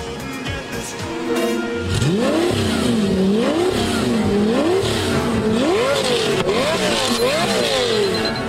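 The small engine of a Panda car, built into a time machine, revs and accelerates repeatedly, its pitch climbing and dropping in a series of rising gear-like surges, loud and continuous with a brief tire squeal feel at the start.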